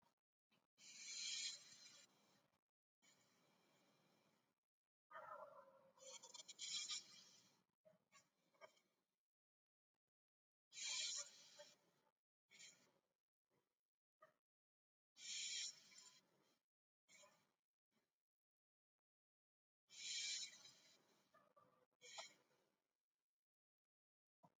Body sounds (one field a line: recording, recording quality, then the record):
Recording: deep breathing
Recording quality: excellent, no background noise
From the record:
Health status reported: healthy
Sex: male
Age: 32 years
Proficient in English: yes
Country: India